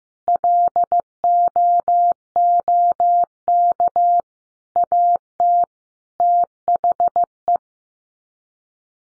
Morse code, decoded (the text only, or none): LOOK AT THE